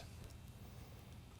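A 9 ft extension cable's plastic waterproof quick-connect is pushed toward the lead of a Code 3 Hide-A-Blast LED light head, a connector that fits only one way. Faint handling noise sits under a low hum with a small tap at about 0.2 seconds. The connector has not seated or clicked yet.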